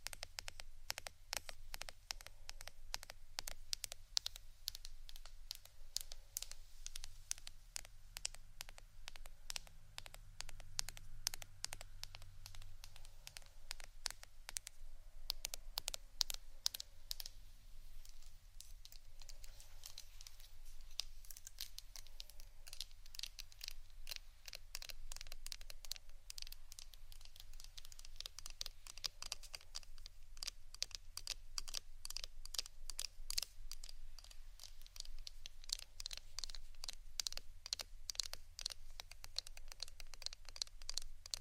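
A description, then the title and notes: Soft tapping runs the whole way through, quick dense clicks that come in bursts like fingers on a keyboard, bright and crisp with uneven rhythm. A low steady hum sits underneath, with a faint rising drone between about seven and thirteen seconds. ASMR Soft TAPPING for Sleep 3Dio （No Talking）.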